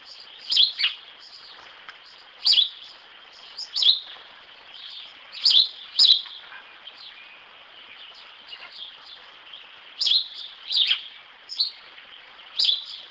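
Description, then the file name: House sparrow chirping, bright short notes in irregular bursts every second or two, some doubled, with a four-second lull and quieter twittering between. "Pardal"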